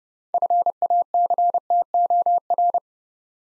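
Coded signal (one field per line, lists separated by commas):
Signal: Morse code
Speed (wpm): 30 wpm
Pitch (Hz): 700 Hz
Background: none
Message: FACTOR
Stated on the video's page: Morse practice at 30 wpm building 6-letter words two letters at a time, for instant character recognition training.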